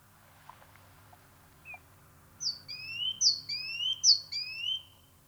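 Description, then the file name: Great tit singing a run of three two-part phrases, each a high note then a lower rising whistle, after a few faint chirps over low background rumble. "Parus major"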